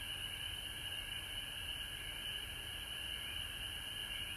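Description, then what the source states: Massed frog calls, rapid high-pitched trills overlapping into a constant shimmering drone, accompanied by a steady very high hiss. Frogs recorded at home in Georgia on March 19, 2020.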